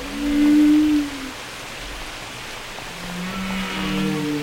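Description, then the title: Whale song: a few long low tonal moans over a soft hiss. Whale songs described as carrying messages used in communication and social life. "Whale Wisdom: Understanding the Language of the Deep"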